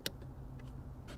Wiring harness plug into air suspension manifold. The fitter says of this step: wait couple seconds 5 10 seconds and plug it back in and you hear the click